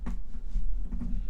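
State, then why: Not seated. An ink cartridge is pressed onto the piercing point inside a fountain pen's grip section while the pen is pushed down against a table. Low, muffled pressing and rubbing noises run throughout, with a brief faint transient at the very end around 1.3 s. Pushing in proves unexpectedly hard, and nothing has seated or clicked yet.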